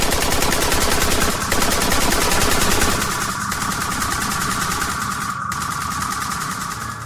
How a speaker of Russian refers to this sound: Две бронированные машины «Краб» тоже развернулись в сторону выпрыгивающих одна за другой чудовищ и стали стрелять по ним из своих крупнокалиберных пулеметов.